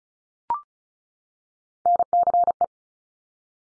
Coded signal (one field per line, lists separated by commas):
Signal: Morse code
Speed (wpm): 36 wpm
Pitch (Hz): 700 Hz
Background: none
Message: NCE